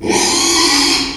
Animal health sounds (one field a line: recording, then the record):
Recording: squeal of a Yucatan mini pig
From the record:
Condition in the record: after surgery on the right vocal fold (resection and tissue-engineered implant)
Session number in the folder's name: 2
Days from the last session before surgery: 13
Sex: male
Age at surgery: 12 weeks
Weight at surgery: 13 kg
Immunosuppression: cyclosporine, prednisolone